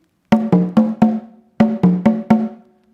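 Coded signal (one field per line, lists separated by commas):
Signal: talking drum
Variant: Akan talking drum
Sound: two phrases of four hollow drum strokes, pitch dipping and rising slightly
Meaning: Ghana radio sign-on: all Ghana listen to the news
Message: Ghana Munti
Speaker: If you listen to Ghana radio, the sign-on for Ghana radio is Ghana Munti,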